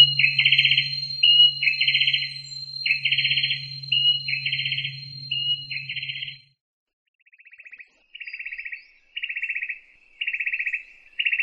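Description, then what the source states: Greyback songbird's run of buzzy trilled bursts with hum and a steady tone at first, then quieter, evenly spaced rattling trills after a short pause. Combination of trills (kombinasi trill) song style.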